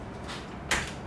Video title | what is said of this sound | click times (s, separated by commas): Review & Demo of the Joovy TwoFold Stroller | and lift, and it's going to lift and lock. | 0.7 s